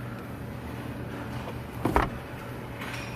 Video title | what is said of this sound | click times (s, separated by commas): 2014 Kia Soul Turn Signal Switch Replacement | push it back into the steering wheel assembly and it will lock into place and | 2.0 s